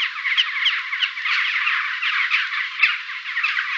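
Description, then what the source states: Birds calling, a dense chorus of short overlapping chirps and twitters that goes on steadily throughout, with a few louder chirps standing out. At a campfire while camping.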